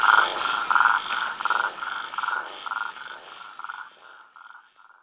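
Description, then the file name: Toad producing a train of short pulsed croaks that gradually grow softer and fade out toward the end. "Rhinella castaneotica"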